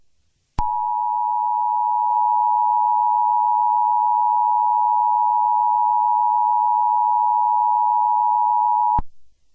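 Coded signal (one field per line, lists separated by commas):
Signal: Emergency Alert System (SAME) tones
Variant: 853 and 960 Hz attention tone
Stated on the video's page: Fictional EAS scenario, simulated alert.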